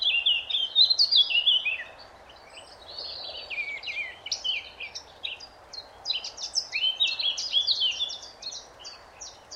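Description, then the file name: Eurasian blackcap singing a rich, hurried warble of sweet slurred and chattering notes, one phrase fading then a second longer phrase, against quiet steady background noise. "Sylvia atricapilla"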